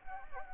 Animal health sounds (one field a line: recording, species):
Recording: mosquito wingbeat signal from an infrared sensor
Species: Anopheles arabiensis